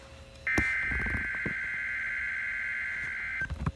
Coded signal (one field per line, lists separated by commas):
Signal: Emergency Alert System (SAME) tones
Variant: header bursts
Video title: EAS #10-#11 Required weekly test and Flood Warning 1/5/22